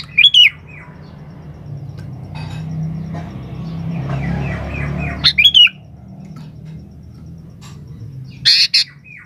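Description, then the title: Sooty-headed bulbul giving loud sharp whistled squawks at the start and middle, soft chattering notes between, and a harsh noisy burst near the end, over low hum. "Kutilang"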